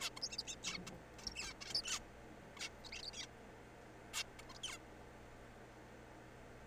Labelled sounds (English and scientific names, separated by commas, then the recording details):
Zebra Finch (Taeniopygia guttata)
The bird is a juvenile
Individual R3428